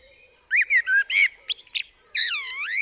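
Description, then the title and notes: Common blackbird song: a few mellow fluted whistles sliding up and down, then a squeaky, scratchy twitter ending with a long wavering note. Singing on the roof of the recordist's studio, UK, 8 April 2020 around 7am, during Covid-19 lockdown; recorded with parabolic dish, MKH50 and MKH30 microphones in M/S, Sonosax R4+ recorder. "Blackbird On A Still Morning. I would like to share this recording I made this morning on the 8th April 2020 around 7am. A Blackbird singing on the roof of my studio"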